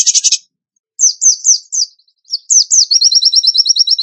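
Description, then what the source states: Bird song: a burst of dense high chirps, then quick downslurred whistled notes in short groups, ending in a fast even trill of repeated high notes. Bird singing in the gacor tembakan style, used for masteran training.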